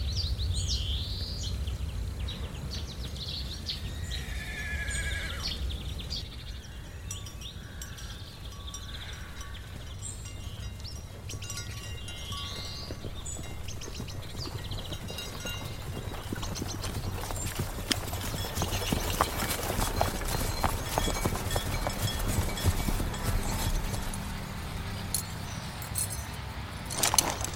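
Lake ambience with a steady low rumble underneath and birds chirping in short, rising calls through the first half. From about seventeen seconds, dense clicking and knocking sounds, like hooves or wood tapping, grow busier and louder toward the end.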